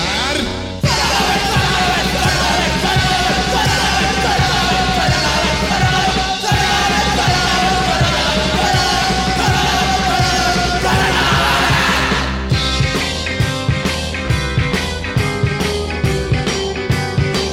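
A person screams, loud and strained, the raw cry sustained for many seconds over a dense, pounding backing that turns to a steady, repeated beat toward the end.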